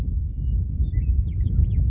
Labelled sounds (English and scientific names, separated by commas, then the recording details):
Western Meadowlark (Sturnella neglecta)
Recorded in Sonoma County, California